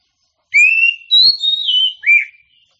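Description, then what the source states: Oriental magpie-robin giving a single drawn-out whistled phrase with a steady note, a higher sliding tone and a closing slurred note. Champion songbird.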